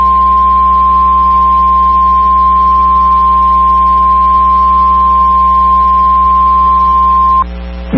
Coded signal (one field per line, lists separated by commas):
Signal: Emergency Alert System (SAME) tones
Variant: 1050 Hz attention tone